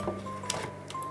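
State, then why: Seated. A camera battery pack is pushed into the camera body's battery compartment, metal contacts first, until the retaining latch catches. A sharp, short click sounds at 0.5 s, followed by a softer tap near 0.9 s over a steady faint hum. The battery is seated in the compartment.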